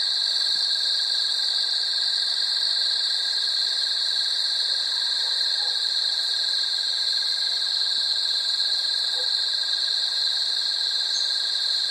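Cricket chorus: steady, unbroken high-pitched trilling that carries on without pause.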